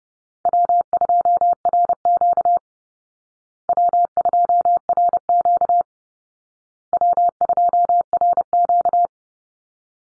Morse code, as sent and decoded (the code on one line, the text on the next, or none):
.-- ..--- .-. --.- / .-- ..--- .-. --.- / .-- ..--- .-. --.-
W2RQ W2RQ W2RQ